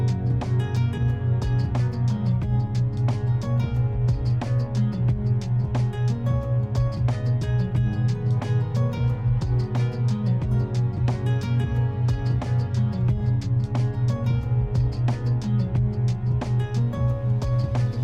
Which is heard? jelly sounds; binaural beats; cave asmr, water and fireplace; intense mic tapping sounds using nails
binaural beats